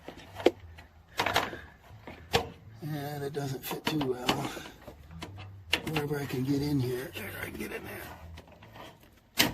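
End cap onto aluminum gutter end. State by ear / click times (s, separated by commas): seated / 9.4 s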